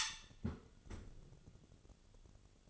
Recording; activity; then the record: daily activity, microphone in the room; close fridge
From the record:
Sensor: 4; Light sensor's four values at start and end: 12/27/11/11 and 13/29/12/12